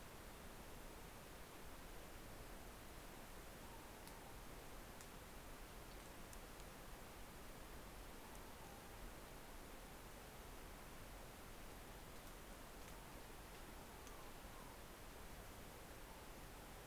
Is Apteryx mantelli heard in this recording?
no